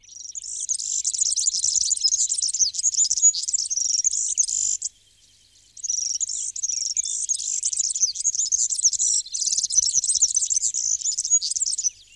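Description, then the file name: European serin singing a high, rapid, glassy jangle of tinkling notes in two long bursts with a short pause between them. "kosmos 93 girlitz"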